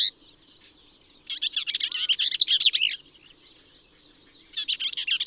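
Bell's vireo singing a fast, jumbled, slurred warble lasting over a second, then starting again near the end.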